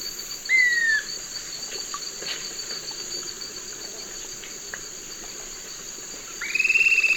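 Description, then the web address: Swainson's flycatcher calls: one short, clear, downslurred whistle early on, then a longer, slightly rough note near the end, over a steady high insect drone. Recorded in the eastern lowlands of South America. "Natures Songs S America Eastern Lowlands. Swainson's Flycatcher"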